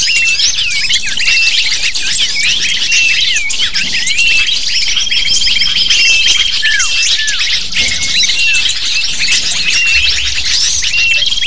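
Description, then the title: Lovebird: shrill twittering of many lovebirds at once, rapid chirps and short squawks forming an unbroken noisy chorus with faint long whistle notes. Lure (pikat) used to attract lovebirds. "PIKAT BURUNG LOVEBIRD"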